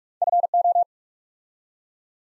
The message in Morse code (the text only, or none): FO